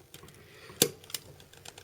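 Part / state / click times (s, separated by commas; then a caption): toy robot head into the robot body's head socket / not seated / none. Someone tries to push the plastic head of a transforming robot toy into the neck socket of its body, making a series of small plastic taps and scrapes, with the sharpest knock at about 0.8 s and another at about 1.2 s. The head never goes in, and nothing has seated or clicked yet.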